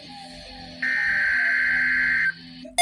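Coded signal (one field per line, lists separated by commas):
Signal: Emergency Alert System (SAME) tones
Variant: header bursts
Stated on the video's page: Weather alerts, in a compilation.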